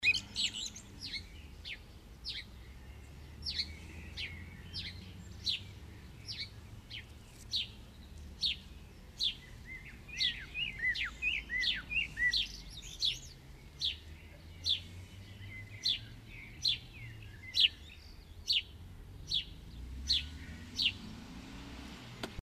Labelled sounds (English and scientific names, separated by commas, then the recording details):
House Sparrow (Passer domesticus) song, Common Blackbird (Turdus merula)
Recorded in the wild
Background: Turdus merula
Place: Kaiserslautern, Rheinland-Pfalz, DE
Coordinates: 49.4247, 7.77889
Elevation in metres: 279
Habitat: garden
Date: 1976-07-25
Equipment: Nagra IV, Sennheiser MKH 405, Parabolreflektor
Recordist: Tretzel, Erwin
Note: Garten, Kaiserslautern: Gesang